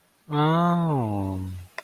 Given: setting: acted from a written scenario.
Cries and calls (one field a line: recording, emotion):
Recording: vocal sound without words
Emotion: romantic love